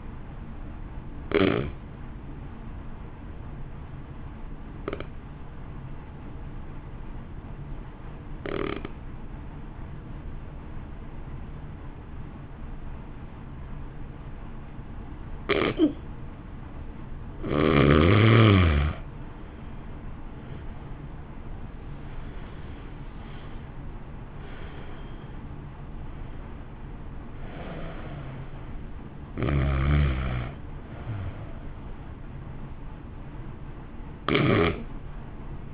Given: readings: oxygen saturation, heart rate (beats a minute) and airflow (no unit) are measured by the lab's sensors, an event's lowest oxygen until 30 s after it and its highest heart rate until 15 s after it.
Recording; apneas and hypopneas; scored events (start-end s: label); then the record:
breathing in sleep by a smartphone at the bedside; 1
3.00-17.00 s: obstructive apnea (N1, oxygen 96% highest, then 85% lowest, heart rate 52 at the start, 66 highest)
7.00-35.74 s: new sleep stage, N2 (light sleep)
From the record:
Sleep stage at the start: N1 (lightest sleep); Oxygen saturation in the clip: 87 to 96%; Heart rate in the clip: 51 to 66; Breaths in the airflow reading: 9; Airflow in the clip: -1.5 to 2.0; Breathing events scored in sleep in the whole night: 328 in 6.3 hours asleep